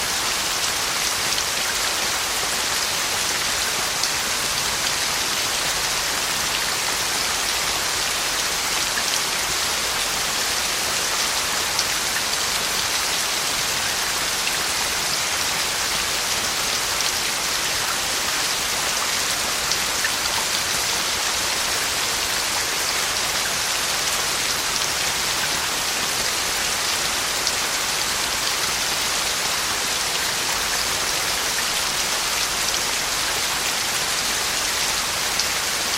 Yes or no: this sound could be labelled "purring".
no